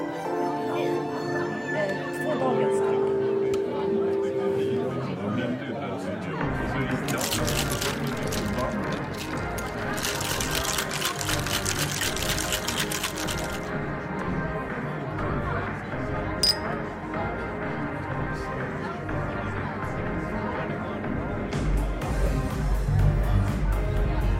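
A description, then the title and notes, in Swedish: Murmuring bar sounds: a steady, dense wash of overlapping voices runs throughout. A sustained tone sits under the chatter for the first few seconds, then bursts of rattling clatter fill roughly seconds 7 to 14. A sharp clink lands near 16 seconds, and a low rumble joins toward the end. Baren. En timme sorlande barljud.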